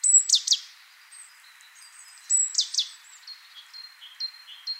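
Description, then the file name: Great tit calling, two bursts of sharp high notes dropping quickly in pitch, with soft thin twitters between and after them. "Parus major"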